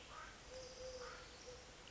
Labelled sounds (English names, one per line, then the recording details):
Eurasian Collared Dove
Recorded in Sonoma County, California